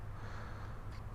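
The cap on an airsoft gun's CO2 cartridge holder is handled and twisted to puncture the CO2 cartridge, over a steady low hum and soft broadband noise with a faint brief higher sound near 0.9 seconds. Nothing has seated or snapped home yet.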